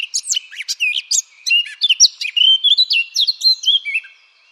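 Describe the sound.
Eurasian blackcap song, a rapid, unbroken warble of varied high chirps, slurred whistles and short trills, with no other sounds present.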